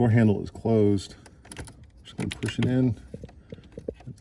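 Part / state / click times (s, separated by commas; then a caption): door handle cable/connector into door panel handle mount / seated / 3.9 s. While reassembling a Ford Fusion rear door, the door handle cable or connector is pushed into its plastic holder on the door panel handle mount as someone talks. Several light clicks and taps lead up to a sharp click at 3.9 s, when the connector locks into place.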